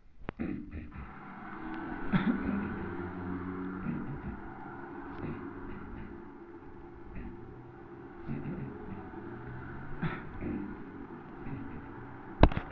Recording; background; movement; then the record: throat clearing; traffic; sitting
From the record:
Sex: male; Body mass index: 23.7 kg/m2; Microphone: on the chest, facing the body